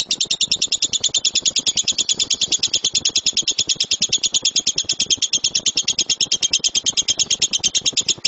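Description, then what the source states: Lovebird song as one continuous, very rapid and even high-pitched chatter running through the whole stretch without a break. Competition lovebird; kicau (chirping song).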